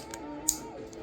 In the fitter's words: and you hear that nice click and they're all snapped in so that's good